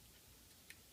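A larger metal trigger housing pin is pushed from left to right through a polymer Glock pistol frame. A faint, sharp click is heard at 0.7 s over a quiet background as the pin locks into place and seats.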